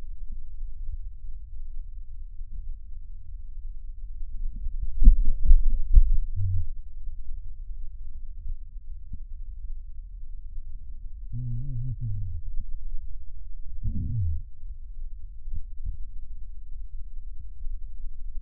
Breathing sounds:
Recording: lung sounds by stethoscope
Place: right posterior basal chest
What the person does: quiet breathing, then cough and speech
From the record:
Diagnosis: interstitial lung disease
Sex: male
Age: 66 years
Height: 172 cm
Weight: 107.6 kg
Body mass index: 36.4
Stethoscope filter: bell mode

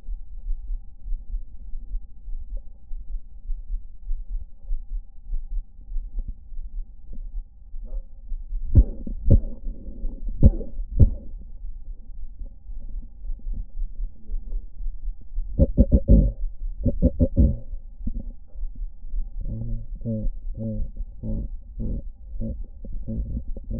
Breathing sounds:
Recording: lung sounds by stethoscope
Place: left anterior apical chest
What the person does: quiet breathing, then cough and speech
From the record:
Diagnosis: none (healthy)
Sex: male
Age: 23 years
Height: 185 cm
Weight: 93 kg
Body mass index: 27.2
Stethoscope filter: diaphragm mode

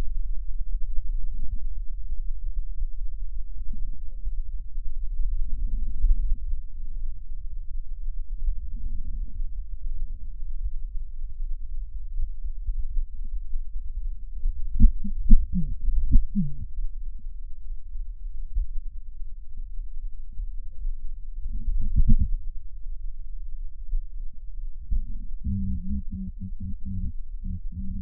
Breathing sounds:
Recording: lung sounds by stethoscope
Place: left posterior basal chest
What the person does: quiet breathing, then cough and speech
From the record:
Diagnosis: COPD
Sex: female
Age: 72 years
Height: 156 cm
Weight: 72 kg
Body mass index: 29.6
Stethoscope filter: bell mode

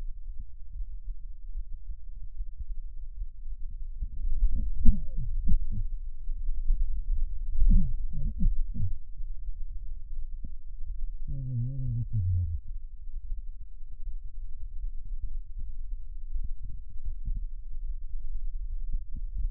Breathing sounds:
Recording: lung sounds by stethoscope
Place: left anterior apical chest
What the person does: quiet breathing, then cough and speech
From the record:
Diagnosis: COPD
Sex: male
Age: 85 years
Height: 183 cm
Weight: 88 kg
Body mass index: 26.3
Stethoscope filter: bell mode

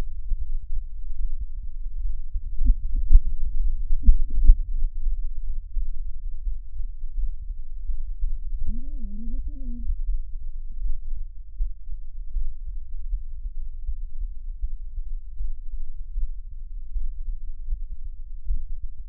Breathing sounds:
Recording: lung sounds by stethoscope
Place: left anterior apical chest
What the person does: quiet breathing, then cough and speech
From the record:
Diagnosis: interstitial lung disease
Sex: female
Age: 60 years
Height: 152 cm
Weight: 55.9 kg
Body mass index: 24.2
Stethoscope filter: bell mode

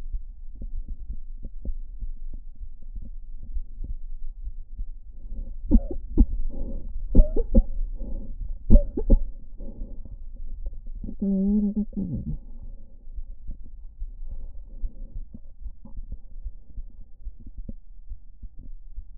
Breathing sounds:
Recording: lung sounds by stethoscope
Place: right anterior apical chest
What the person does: quiet breathing, then cough and speech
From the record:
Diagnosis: interstitial lung disease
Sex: female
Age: 60 years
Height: 154 cm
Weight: 68.1 kg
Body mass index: 28.7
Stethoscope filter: diaphragm mode

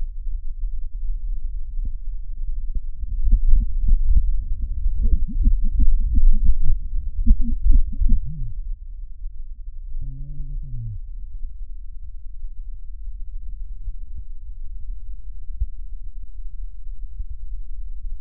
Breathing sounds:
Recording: lung sounds by stethoscope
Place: right posterior basal chest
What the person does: quiet breathing, then cough and speech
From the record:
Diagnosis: COPD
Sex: male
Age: 59 years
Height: 171 cm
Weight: 91.4 kg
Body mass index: 31.3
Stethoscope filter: bell mode

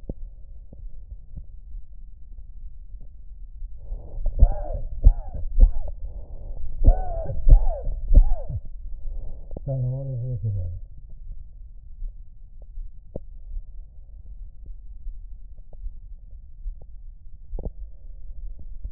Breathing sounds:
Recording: lung sounds by stethoscope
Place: right anterior apical chest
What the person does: quiet breathing, then cough and speech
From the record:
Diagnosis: COPD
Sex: male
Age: 77 years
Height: 172 cm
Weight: 94 kg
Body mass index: 31.8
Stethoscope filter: extended mode

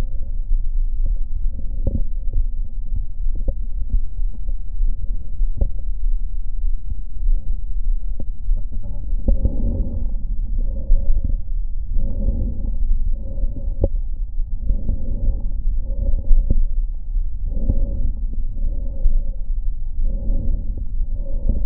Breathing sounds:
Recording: lung sounds by stethoscope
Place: right posterior apical chest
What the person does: quiet breathing, then deep breathing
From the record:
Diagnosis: interstitial lung disease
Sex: female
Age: 70 years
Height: 160 cm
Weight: 93 kg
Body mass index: 36.3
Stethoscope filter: diaphragm mode

